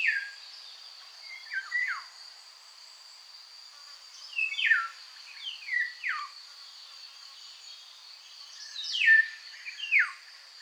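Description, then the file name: Eurasian golden oriole singing several brief liquid whistled phrases with downward slurs, spaced a few seconds apart, against a constant shrill insect hum. "Loriot-d’Europe-Oriolus-oriolus"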